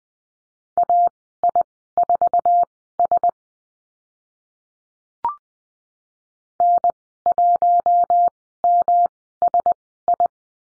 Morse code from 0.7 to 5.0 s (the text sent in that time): AI4S